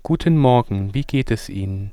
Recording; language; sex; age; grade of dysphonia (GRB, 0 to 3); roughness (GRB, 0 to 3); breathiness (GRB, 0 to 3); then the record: spoken sentence; German; male; 40 to 49 years; 0; 0; 0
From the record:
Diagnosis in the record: dysphonia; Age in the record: 41 years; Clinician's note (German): Transsexuell